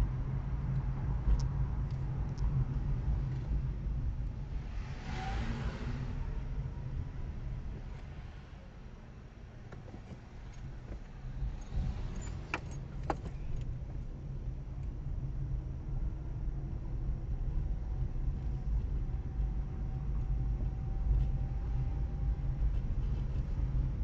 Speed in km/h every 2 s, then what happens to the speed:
33, 27, 17, 15, 3, 4, 13, 20, 22, 23, 24, 26.
0-8 brakes to 3. 10-24 speeds up to 26.